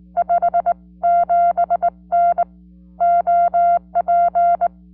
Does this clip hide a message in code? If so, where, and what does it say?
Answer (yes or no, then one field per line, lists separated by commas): yes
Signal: Morse code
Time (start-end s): 0.2-4.7 s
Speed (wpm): 20 wpm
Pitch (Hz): 690 Hz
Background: none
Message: 57N OP